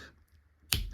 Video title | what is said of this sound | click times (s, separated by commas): Transformers Studio Series Scavenger Reveiw and Ranking! | And you heard that snap to get | 0.7 s